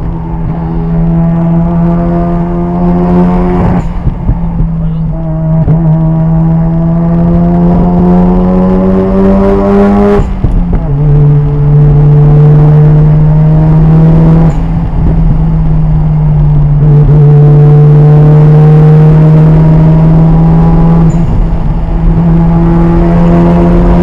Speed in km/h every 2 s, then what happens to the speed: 111, 113, 105, 118, 130, 135, 140, 142, 132, 145, 155, 161.
4-11 speeds up to 140. 16-24 speeds up to 161.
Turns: none.